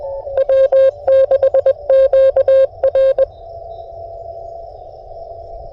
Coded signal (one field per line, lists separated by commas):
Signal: Morse code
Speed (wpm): 23 wpm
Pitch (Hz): 530 Hz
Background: none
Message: W6QR